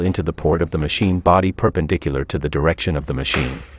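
A handle tube is being inserted into the port on the plastic body of a TICWELL Whale W1 cordless wet-dry vacuum, held perpendicular to the machine. Someone talks throughout. The handle has not seated or clicked yet.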